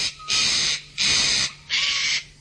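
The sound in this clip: Eclectus parrot giving loud, raspy screeches: three harsh bursts in quick succession.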